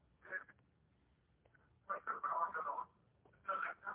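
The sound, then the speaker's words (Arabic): Muffled, tinny sound from a caller's television comes through his phone line during a call-in to a TV program, in three uneven bursts of narrow-band voices and honk-like tones, with brief quiet gaps between them. “اكثر بصوت التلفزيون، حاول انك تخفض صوت التلفزيون واسمعنا من الهاتف حتى يكون رد سريع.”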